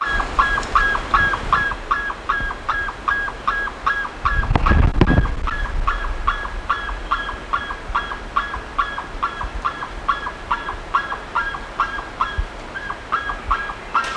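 Bird calls repeated steadily throughout, short notes about two or three per second, with a brief low rumble in the middle.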